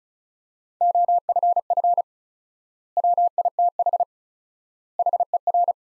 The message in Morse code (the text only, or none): OFF WITH HER